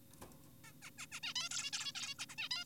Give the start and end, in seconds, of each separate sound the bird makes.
0.64-0.73, 0.82-0.90, 0.98-1.06, 1.12-1.20, 1.23-1.34, 1.36-1.49, 1.51-1.71, 1.73-1.92, 1.95-2.14, 2.19-2.26, 2.30-2.36, 2.38-2.49, 2.51-2.64